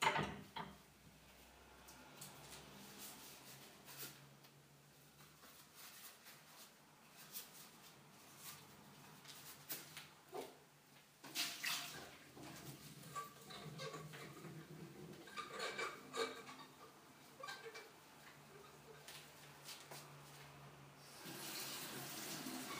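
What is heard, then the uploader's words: Dishwashing, with scattered clinks and knocks of dishes and utensils over a low running hum. The clatter comes in irregular bursts, busiest around the middle and again near the end, where a steady rush of water takes over. Sounds Of Dishwashing.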